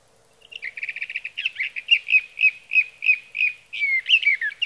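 Sage thrasher song beginning with a quick rattled stutter, then steady repeated warbled notes roughly three per second, and a longer slurred whistle near the end.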